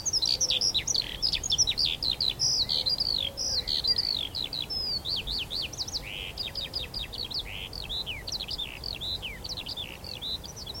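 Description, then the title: Eurasian skylark song pouring out in fast, varied high warbles and chirruping notes without pause. Several skylarks rising from young barley in a vast open field, singing while ascending high under a cloudy sky, northern edge of the Cotswolds, South Warwickshire. "Sound Escape 114: Skylarks ascending over a field of barley"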